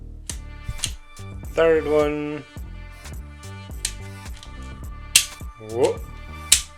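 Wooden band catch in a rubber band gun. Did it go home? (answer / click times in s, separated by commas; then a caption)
no / none. Someone talks over background music while trying to seat a wooden band catch on a rubber band gun, and sharp snaps ring out, the loudest near 5.2 s and 6.5 s. The catch fails to click into place; nothing has seated yet.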